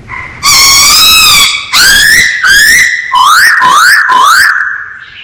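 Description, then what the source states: Masked laughingthrush song: long, rich whistles, then three rising slurred whistles in quick succession. Called poksay Hongkong; described as gacor, meaning singing actively and vigorously.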